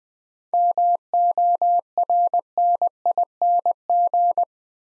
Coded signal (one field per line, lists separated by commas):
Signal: Morse code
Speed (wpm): 20 wpm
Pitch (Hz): 700 Hz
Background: none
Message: MORNING